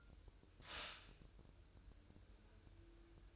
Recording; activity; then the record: daily activity, microphone in the room; stop toaster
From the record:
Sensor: 2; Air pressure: 988.4 hPa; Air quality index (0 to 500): 191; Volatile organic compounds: 184 ppm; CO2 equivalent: 4156 ppm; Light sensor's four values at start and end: 20/68/27/25 and 20/68/27/25